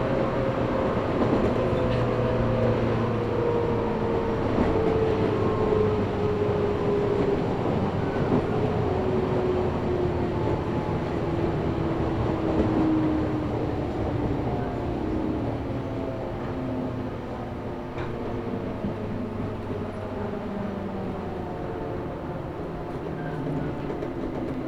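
A train runs along the Kagoshima Main Line toward Orio, a dense, steady rumble of wheels and motor filling the whole clip. A whining tone glides slowly downward through the first fifteen seconds as the train slows, and the noise eases slightly near the end.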